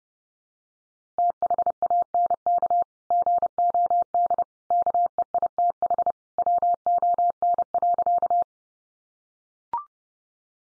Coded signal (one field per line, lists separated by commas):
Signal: Morse code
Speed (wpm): 30 wpm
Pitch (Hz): 700 Hz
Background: none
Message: THANK GOD KEITH WON.